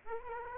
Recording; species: mosquito wingbeat signal from an infrared sensor; Aedes aegypti